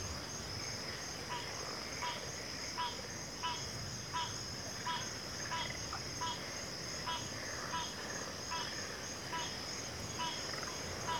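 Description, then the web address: Continuous shrill cricket chorus, with a short clipped call repeating roughly every three-quarters of a second above a soft low background. Cricket chorus at a backwater. "WLL Grade 1-12 Pre-Uni Library Natures Songs Sleep Sounds of Nature CRICKETS Backwater Chorus"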